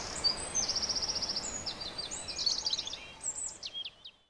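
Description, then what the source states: European robin singing a quick run of high, tinkling notes, a fast even trill followed by varied squeaky, jumbled phrases that fade out. Recorded 27 April 2011.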